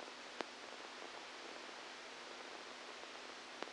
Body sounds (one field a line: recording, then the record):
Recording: brain microelectrode recording played as sound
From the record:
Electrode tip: outside the subthalamic nucleus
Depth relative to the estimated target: -6 mm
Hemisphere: left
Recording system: NeuroSet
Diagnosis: Parkinson's disease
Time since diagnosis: 12 years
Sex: male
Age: 61 years